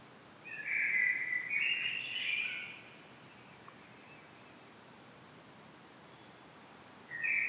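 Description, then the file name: Common blackbird giving one mellow fluted phrase with a warbled ending, then silence of several seconds before another phrase begins; faint hiss in the background. "Turdus merula"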